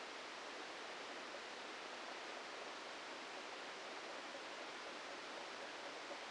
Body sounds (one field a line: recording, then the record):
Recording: brain microelectrode recording played as sound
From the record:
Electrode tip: inside the subthalamic nucleus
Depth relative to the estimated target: 1 mm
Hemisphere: left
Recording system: NeuroSet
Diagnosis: Parkinson's disease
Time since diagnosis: 14 years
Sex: male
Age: 51 years